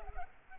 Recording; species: mosquito wingbeat signal from an infrared sensor; Culex pipiens